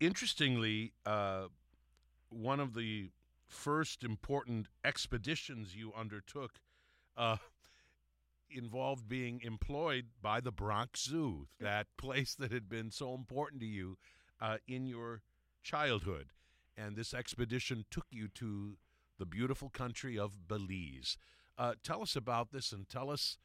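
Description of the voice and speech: An adult man asks an interview question in a clear, fluent voice with a moderately low pitch. His phrases are smooth and separated by natural pauses. There are no repetitions, blocks, slurring or rough voicing, so the speech sounds ordinary.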